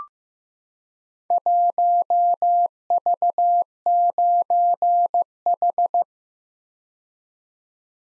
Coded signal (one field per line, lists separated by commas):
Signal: Morse code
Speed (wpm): 15 wpm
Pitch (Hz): 700 Hz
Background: none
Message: 1V9H